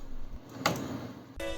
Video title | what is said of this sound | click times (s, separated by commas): This is how we fixed our client's not working PC - AMD AM4 PC Build Guide - Feat. Ryzen 5 3500 Rx570 | then plug the cables after plugging the cables you will hear a click sound from the plug | 0.7 s